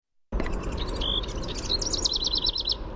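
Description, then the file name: House wren song, a rapid bubbling jumble of chattering notes ending in a fast, even trill of repeated high notes, with low background rumble. "HOWR song"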